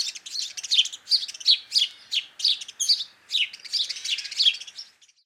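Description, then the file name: House sparrow giving a run of sharp, bright chirps, about three a second, uneven in spacing, with a short pause near the middle before the chirping resumes. "Passer domesticus"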